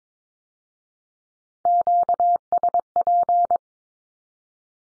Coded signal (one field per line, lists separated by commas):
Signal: Morse code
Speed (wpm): 22 wpm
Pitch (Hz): 700 Hz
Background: none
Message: QSP